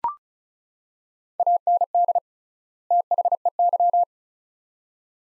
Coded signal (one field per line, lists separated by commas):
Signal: Morse code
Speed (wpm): 36 wpm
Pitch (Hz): 700 Hz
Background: none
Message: AND THEY